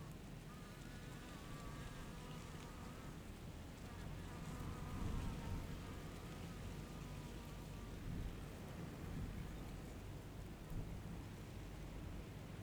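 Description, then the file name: Fly buzzing in wavering bursts during the first eight seconds, fading later, beneath a constant low roar of wind and a motor drone. Garden at midday, with wind in the trees and a lawnmower running. "Ventando nas arvores jardim ao meio dia com mosca e cortador de grama"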